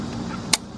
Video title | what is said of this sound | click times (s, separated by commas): ⭐ 2000 Nissan Maxima - Stalls When Starting Or Stop Sign - Throttle Body Removal And Cleaning | snapped into place done done connected connected | 0.5 s